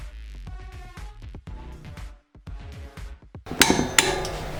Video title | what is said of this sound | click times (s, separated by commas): Giant STP rebuild (Επ.4) - Τελικές προεργασίες περιφερειακών | Έγινε. Αυτό το κλακ θέλαμε να ακούσουμε, το ακούσαμε. | 3.6 s, 4.0 s